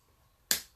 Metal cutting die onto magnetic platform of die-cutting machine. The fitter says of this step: course I can't hear anything but myself so snap